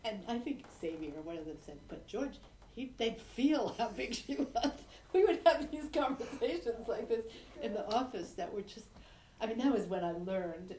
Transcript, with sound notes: And I think Xavier or one of them said, "But, George, they'd feel how big she was." (laughs) We would have these conversations like this in the office that were just, I mean, that was when I learned